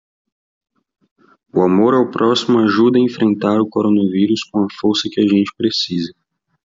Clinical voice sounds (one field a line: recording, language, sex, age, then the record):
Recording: spoken sentence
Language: Brazilian Portuguese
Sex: male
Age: 20 to 29 years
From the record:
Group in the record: control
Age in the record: 23 years